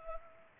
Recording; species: mosquito wingbeat signal from an infrared sensor; Culex pipiens